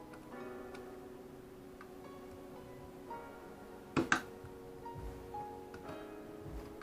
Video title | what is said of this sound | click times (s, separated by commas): Building My new PC ($750 Build) | was the worst click ever. | 4.0 s, 4.1 s